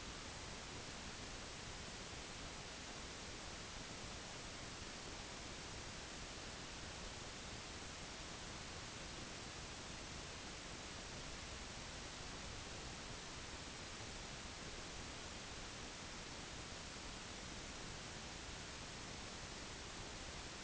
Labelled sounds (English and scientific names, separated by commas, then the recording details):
none
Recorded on Arctic tundra, site UTQI-8, on 8 June 2019
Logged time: 12:00